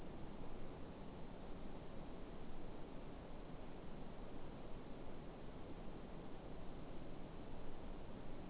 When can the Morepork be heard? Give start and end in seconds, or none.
none